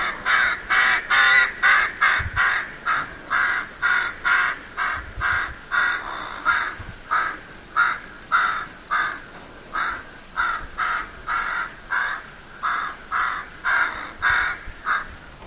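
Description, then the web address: Bird giving loud, harsh cawing calls in a steady series about two per second, each call short and rasping, with brief quiet gaps between them. "Deverinetal 2025. Bird Only"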